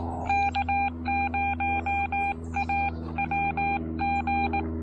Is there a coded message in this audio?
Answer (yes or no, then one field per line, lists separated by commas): yes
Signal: Morse code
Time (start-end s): 0.3-4.6 s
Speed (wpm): 18 wpm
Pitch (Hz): 800 Hz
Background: none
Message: K0AWG